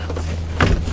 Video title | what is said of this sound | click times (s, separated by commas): Stock #3027 2014 30-foot Leprechaun Class C Motor Home (Frank Biggs) | and pull it this way and it locks in place | 0.6 s